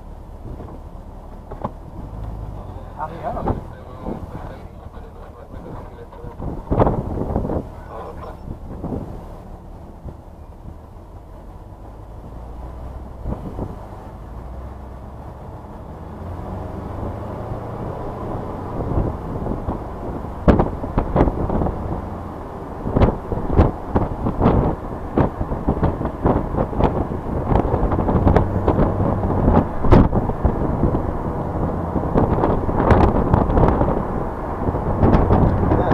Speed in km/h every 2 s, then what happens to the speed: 0, 0, 2, 0, 0, 0, 0, 6, 13, 16, 18, 23, 24, 27, 31, 35, 40, 40.
0-13 standing. 13-36 pulls away to 40.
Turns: none.